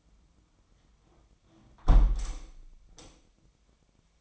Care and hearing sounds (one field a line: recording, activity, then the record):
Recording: daily activity, microphone in the room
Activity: close window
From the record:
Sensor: 1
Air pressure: 1006.5 hPa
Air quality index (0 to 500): 209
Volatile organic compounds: 24 ppm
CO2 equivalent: 2816 ppm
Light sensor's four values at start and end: 12/31/12/14 and 11/30/11/13